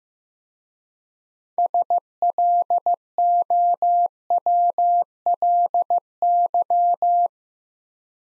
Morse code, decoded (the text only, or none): SLOWLY